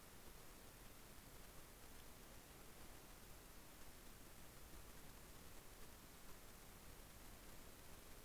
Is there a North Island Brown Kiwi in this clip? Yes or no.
no